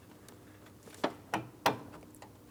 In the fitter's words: There's our audible click.